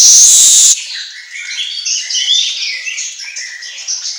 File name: Suara Kicau Manyar Kepala Emas Auto Gacor